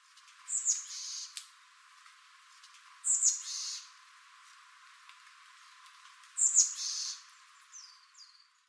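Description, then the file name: Iriomote tit calls: short, very high, thin notes in three brief bursts roughly every three seconds, faint against a quiet background. Recorded on Ishigaki, Japan. "oriiyamagara 230103 ishigaki someyac"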